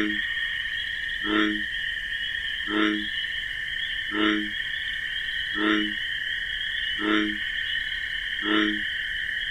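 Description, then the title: Bullfrog calls: low, resonant pulsed croaks repeated about every one and a half seconds over a constant high, droning chorus of crickets. Wetland at night with a chorus of crickets; the bullfrog's deep bass call sounds like a distinctive 'jug-o-rum'. "Bullfrog Sound. The Wondrous Wetlands"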